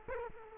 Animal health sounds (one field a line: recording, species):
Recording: mosquito wingbeat signal from an infrared sensor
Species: Culex quinquefasciatus